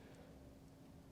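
A Rottefella Move Switch ski binding is handled on its epoxied base plate on the ski, with the dial pressed down and the binding pushed forward to latch it. Only a steady low-frequency hum and faint handling noise are heard, with no sharp transients. Nothing has seated or clicked yet.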